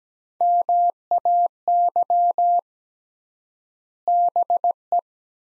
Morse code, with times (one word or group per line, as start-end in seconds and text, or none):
0.4-2.6 MAY
4.1-5.0 BE